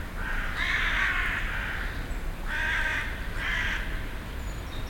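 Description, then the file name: Raven calls: three bursts of rough, grating caws over low background noise. Recorded on 25 December 2012 in Hütteldorf. "raben huetteldorf"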